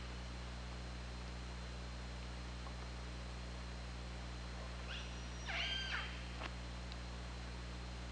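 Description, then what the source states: Killer whale call, one short burst of harmonic pulsed sound in the second half, otherwise steady low hum and hiss. Recorded on the OrcaLab hydrophone, 24 August 2017 at 21:38:47.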